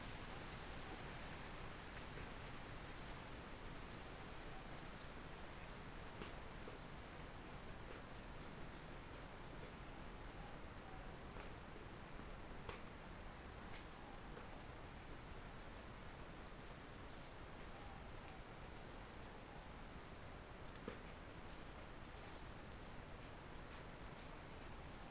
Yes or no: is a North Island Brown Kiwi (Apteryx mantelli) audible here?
no